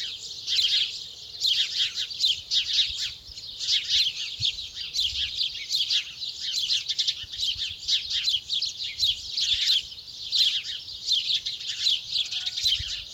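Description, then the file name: House sparrow: constant chatter of many house sparrows, short chirps overlapping in a steady dense chorus throughout. "Passer domesticus"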